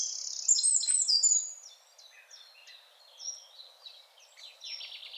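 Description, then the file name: Eurasian wren song: a loud, high, fast trill with quick up-and-down notes for about one and a half seconds, then fainter high chirps and short trills. "Troglodytes troglodytes"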